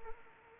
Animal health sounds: mosquito wingbeat signal from an infrared sensor; Anopheles arabiensis

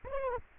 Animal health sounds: mosquito wingbeat signal from an infrared sensor; Aedes aegypti

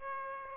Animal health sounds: mosquito wingbeat signal from an infrared sensor; Aedes aegypti

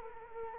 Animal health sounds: mosquito wingbeat signal from an infrared sensor; Culex quinquefasciatus

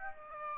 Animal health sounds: mosquito wingbeat signal from an infrared sensor; Aedes aegypti

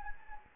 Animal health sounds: mosquito wingbeat signal from an infrared sensor; Anopheles gambiae

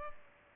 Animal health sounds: mosquito wingbeat signal from an infrared sensor; Culex pipiens

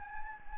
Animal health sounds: mosquito wingbeat signal from an infrared sensor; Anopheles gambiae

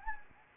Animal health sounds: mosquito wingbeat signal from an infrared sensor; Anopheles gambiae

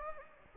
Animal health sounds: mosquito wingbeat signal from an infrared sensor; Anopheles gambiae

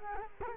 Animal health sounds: mosquito wingbeat signal from an infrared sensor; Culex quinquefasciatus

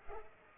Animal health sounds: mosquito wingbeat signal from an infrared sensor; Culex pipiens

